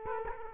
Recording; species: mosquito wingbeat signal from an infrared sensor; Culex quinquefasciatus